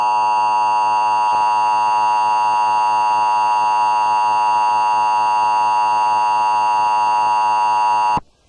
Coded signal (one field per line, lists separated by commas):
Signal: Emergency Alert System (SAME) tones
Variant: 853 and 960 Hz attention tone